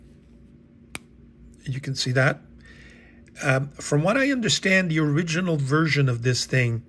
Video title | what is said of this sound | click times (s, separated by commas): OPUS 88 MINI POCKET PEN | it posts with a little click | 0.9 s